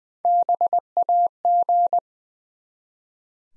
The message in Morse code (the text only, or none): BAG